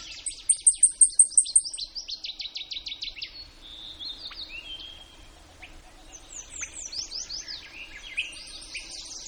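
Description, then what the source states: Blackpoll warbler song: a brief run of very high, thin, evenly repeated notes at the start and again at the end, with a busy chorus of other songbirds with varied whistles and trills in between. Recorded in Denali, Alaska, USA, on 19 May 2015 at 09:45 in the morning.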